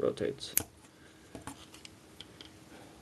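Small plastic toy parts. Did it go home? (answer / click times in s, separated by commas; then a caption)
no / none. A plastic Dark of the Moon Leader Class Sentinel Prime action figure is being transformed, with a limb or panel rotated and swung around toward its locked position on the figure body. Someone talks briefly at the start, followed by soft plastic handling ticks and light clicks, with small sharp taps near 1.5 s and 2.2 s. Nothing has seated or clicked into place yet.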